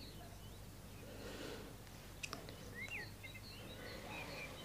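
birds singing at dawn

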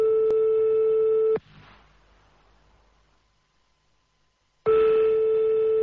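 telephone line tone

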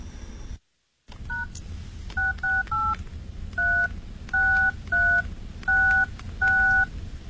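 telephone keypad dialing tones

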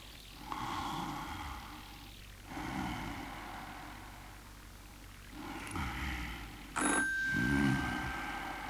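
telephone ringing

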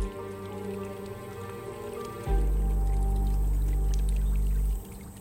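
water trickling

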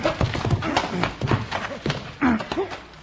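horse hooves clip-clopping

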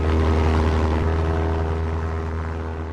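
propeller airplane flying

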